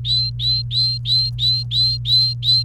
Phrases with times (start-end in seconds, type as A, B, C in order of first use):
0.00-2.63 A